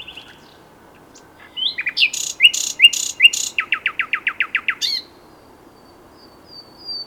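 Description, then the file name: Common nightingale delivering harsh buzzy notes, then a rapid even run of sharp chips, and finally a thin high whistle. "Luscinia megarhynchos"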